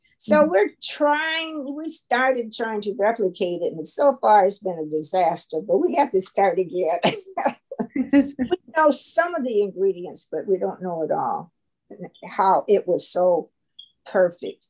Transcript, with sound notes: We started trying to replicate it, and so far, it's been a disaster, but we have to start again. [LAUGHTER] We know some of the ingredients but we don't know it all and how it was so perfect.